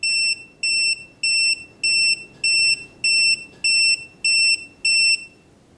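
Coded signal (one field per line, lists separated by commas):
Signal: beep code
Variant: EggTimer Apogee controller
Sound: nine short, high, identical electronic beeps in a steady rhythm, about two per second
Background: faint room noise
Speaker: the manual says to do a preliminary test and listen for a certain beep sequence so i've got the battery hooked up and i'm going to close the screw switch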